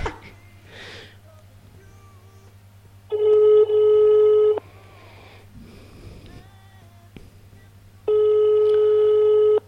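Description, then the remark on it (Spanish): A telephone rings twice in loud, steady electronic bursts about a second and a half long, separated by a pause, over a low constant hum with faint sniffing and rustling between rings. “Coge el teléfono que está sonando.”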